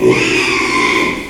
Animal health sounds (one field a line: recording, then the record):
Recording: squeal of a Yucatan mini pig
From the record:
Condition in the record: after surgery on the right vocal fold (resection and tissue-engineered implant)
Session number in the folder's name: 1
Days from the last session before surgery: 6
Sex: male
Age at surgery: 12 weeks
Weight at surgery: 13 kg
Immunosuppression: cyclosporine, prednisolone